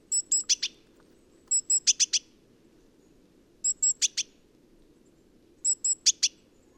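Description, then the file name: Great tit call: a couple of thin high notes, then three or four harsh buzzy notes, the phrase repeated four times over a faint low rumble. "Parus major"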